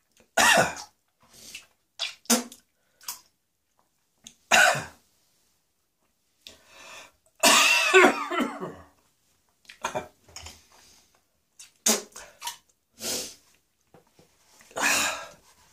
The sound of vomiting with coughing in a man the urge to vomit coughing and regurgitation.